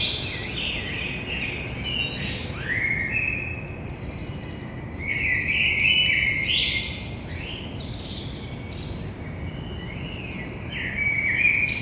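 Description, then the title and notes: Common blackbird singing fluting, warbled phrases, each ending in a thin high twitter, with short pauses between; steady low traffic rumble underneath. Blackbird in early morning, street side, between two windows, Grand Rond, Toulouse, France, Thursday 9 April, 6:30 am. "Un beau jour, un merle noir, côté rue. Entre mes deux fenêtres Un merle noir toulousain et matinal. jeudi 09 avril 6:30 Toulouse - Grand Rond Contributeur : Stéphane Marin"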